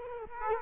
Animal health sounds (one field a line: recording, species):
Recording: mosquito wingbeat signal from an infrared sensor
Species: Culex quinquefasciatus